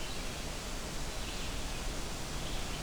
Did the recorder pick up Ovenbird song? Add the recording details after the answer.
no. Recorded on 23 June 2016 at 08:46. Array SBT-6-76